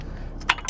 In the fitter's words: then this keeper comes up and around, snaps into place, then that can't go anywhere.